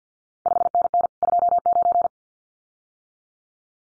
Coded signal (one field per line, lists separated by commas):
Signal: Morse code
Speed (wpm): 50 wpm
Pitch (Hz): 700 Hz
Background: none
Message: 5NN 29